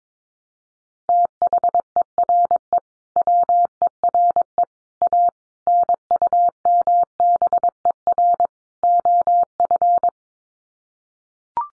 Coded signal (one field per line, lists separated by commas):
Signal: Morse code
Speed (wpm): 22 wpm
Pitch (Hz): 700 Hz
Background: none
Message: THERE WERE A NUMBER OF